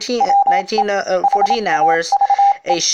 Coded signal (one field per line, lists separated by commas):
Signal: Morse code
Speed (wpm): 27 wpm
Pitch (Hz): 800 Hz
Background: speech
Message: WE HAVE